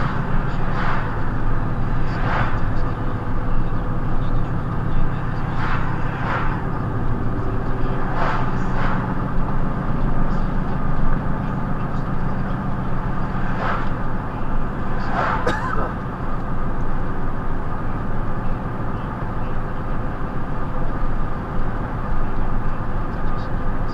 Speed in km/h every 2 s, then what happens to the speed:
56, 58, 56, 58, 64, 66, 61, 60, 61, 63, 61, 61.
0-6 steady at about 56. 6-9 speeds up to 66. 14-24 steady at about 61.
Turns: none.